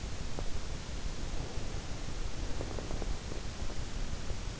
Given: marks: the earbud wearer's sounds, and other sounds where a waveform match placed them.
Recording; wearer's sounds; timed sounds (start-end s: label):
sounds in sleep by an in-ear microphone; breath
1.11-3.47 s: breath